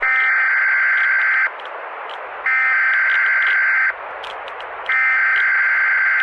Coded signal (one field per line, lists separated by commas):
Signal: Emergency Alert System (SAME) tones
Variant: header bursts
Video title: eas Scenario:dmr Had￼￼ Exploded￼￼